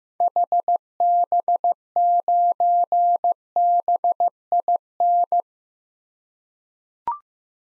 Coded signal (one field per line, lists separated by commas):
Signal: Morse code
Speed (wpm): 15 wpm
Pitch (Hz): 700 Hz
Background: none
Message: HB9BIN